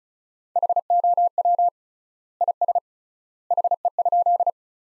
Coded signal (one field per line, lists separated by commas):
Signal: Morse code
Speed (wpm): 36 wpm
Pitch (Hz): 700 Hz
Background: none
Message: HOW IS HE?